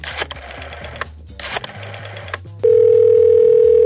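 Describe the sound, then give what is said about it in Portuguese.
Clattering, clicking handset noises give way to a loud, steady telephone dial tone, one unbroken mid-pitched hum that holds without a break to the end, as someone places a phone call. “Peraí, eu vou ligar, peraí.”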